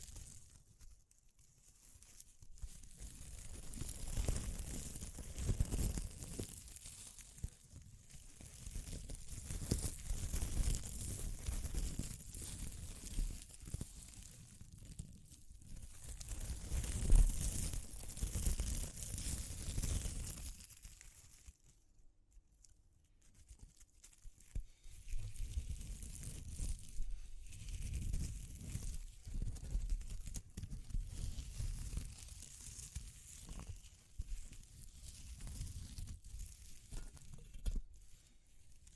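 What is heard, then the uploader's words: Soft handling of textured materials: crinkling, crumpling and light scratching that rises and falls in waves over the recording. Dense rustling alternates with quieter stretches, with a near-silent pause around 21 to 23 seconds before the rustling resumes. ASMR Exploring Textures (No Talking).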